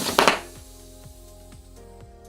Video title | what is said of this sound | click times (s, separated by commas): How to tubeless your mountain bike wheels with Juice Lubes | Once you've heard that bead pop into place, and it really is an audible pop, | 0.2 s, 0.3 s